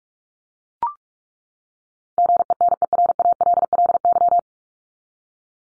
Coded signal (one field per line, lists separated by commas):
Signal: Morse code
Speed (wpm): 44 wpm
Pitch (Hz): 700 Hz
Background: none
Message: GENERALLY